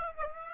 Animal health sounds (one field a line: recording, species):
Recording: mosquito wingbeat signal from an infrared sensor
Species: Aedes aegypti